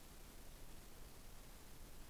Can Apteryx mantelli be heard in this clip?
no